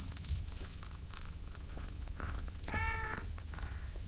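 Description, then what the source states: Cat giving a single short meow late, over low background rumble. Cat gently meowing at long intervals.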